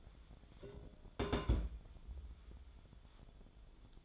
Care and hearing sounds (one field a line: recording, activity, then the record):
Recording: daily activity, microphone in the room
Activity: place on stove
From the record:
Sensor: 5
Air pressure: 1010.1 hPa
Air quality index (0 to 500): 149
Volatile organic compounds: 3 ppm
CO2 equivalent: 1451 ppm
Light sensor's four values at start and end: 249/604/258/283 and 252/614/262/287